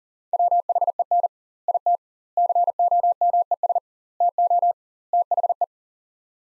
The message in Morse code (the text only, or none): WHEN IT COMES TO THE